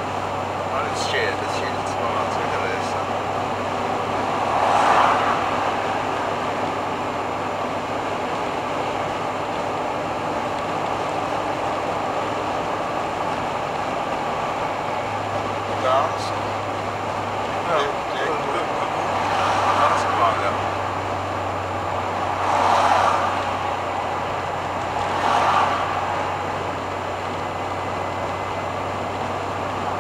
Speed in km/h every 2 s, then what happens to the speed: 87, 87, 89, 89, 90, 91, 92, 92, 89, 88, 85, 84, 83, 84, 85.
0-14 steady at about 89. 14-21 slows to 84. 21-30 steady at about 84.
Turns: none.